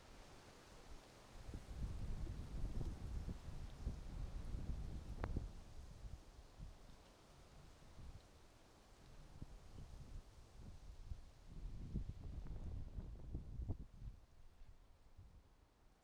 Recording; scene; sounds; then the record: everyday scene through a hearing-aid microphone; wind on the microphone; wind, traffic, birds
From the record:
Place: suburban garden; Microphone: in the ear canal, right